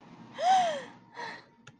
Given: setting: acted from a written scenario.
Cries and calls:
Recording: vocal sound without words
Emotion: elation

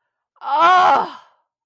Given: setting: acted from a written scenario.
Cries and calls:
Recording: vocal sound without words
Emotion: ecstasy

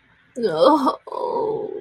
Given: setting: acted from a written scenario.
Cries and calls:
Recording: vocal sound without words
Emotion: pain

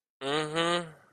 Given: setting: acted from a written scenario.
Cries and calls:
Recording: vocal sound without words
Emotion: desire

